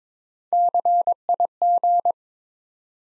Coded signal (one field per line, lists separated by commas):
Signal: Morse code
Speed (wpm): 22 wpm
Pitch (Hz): 700 Hz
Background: none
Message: CIG